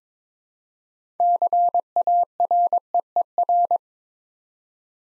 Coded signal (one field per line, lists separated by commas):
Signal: Morse code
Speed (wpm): 22 wpm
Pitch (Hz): 700 Hz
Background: none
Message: CAREER